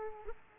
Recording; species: mosquito wingbeat signal from an infrared sensor; Aedes aegypti